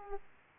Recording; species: mosquito wingbeat signal from an infrared sensor; Aedes aegypti